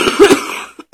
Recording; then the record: coughing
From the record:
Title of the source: 64 coughing, allergies, singing lungs